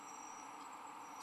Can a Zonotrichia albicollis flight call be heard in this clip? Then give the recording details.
no. No flight call is heard. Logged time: 03:53 on 19 December 2014